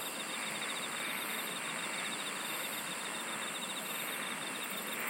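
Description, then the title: Insect chorus of continuous shrill buzzing, with a fast pulsed trill running through and a steady high whine throughout. "SINGING OF INSECTS"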